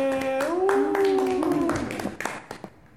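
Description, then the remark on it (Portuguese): An audience at CEU Parque Bristol breaks into applause for a child, a dense patter of many hands clapping that holds steady for a couple of seconds, then thins into scattered claps, with a sustained voice-like tone over the start. “Agora, plateia, som de palmas para você.”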